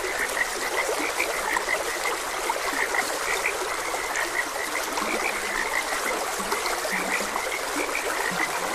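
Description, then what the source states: Frogs keep up a lively croaking chorus of quick, scattered notes over steady running water. Frogs recorded croaking beside a gentle stream.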